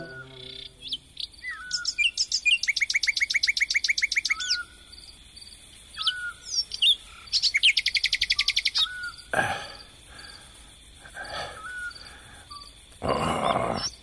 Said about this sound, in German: Hör sie dir an, Jerome. Diese verdammte Nachtigall. Ihr Gesang ist so süß